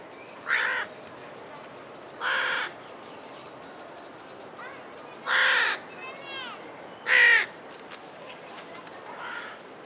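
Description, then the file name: Carrion crow giving harsh, hoarse caws singly at irregular intervals, several in ten seconds. "Corvus corone"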